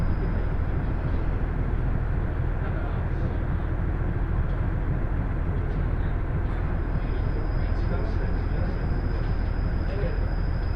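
Inside a two-car KiHa 110 diesel train running from Morioka toward Ōbuke, a steady low rumble and roar fills the whole clip without a break. A faint high whine holds throughout, and soft murmuring voices sit under the noise.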